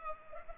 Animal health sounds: mosquito wingbeat signal from an infrared sensor; Culex pipiens

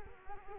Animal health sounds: mosquito wingbeat signal from an infrared sensor; Culex quinquefasciatus

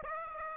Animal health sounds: mosquito wingbeat signal from an infrared sensor; Aedes aegypti

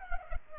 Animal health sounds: mosquito wingbeat signal from an infrared sensor; Culex pipiens

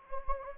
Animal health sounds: mosquito wingbeat signal from an infrared sensor; Anopheles gambiae

